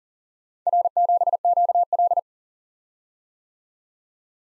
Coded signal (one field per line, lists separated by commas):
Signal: Morse code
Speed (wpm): 47 wpm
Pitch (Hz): 700 Hz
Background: none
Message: R7QL